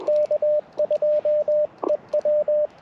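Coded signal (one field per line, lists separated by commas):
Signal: Morse code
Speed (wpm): 21 wpm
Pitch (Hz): 600 Hz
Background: radio noise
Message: K2EW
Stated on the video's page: QRP CW Parks on the Air activation on 40m and 20m, using an Icom IC-705, Alex Loop antenna and Modern Morse Nameless key.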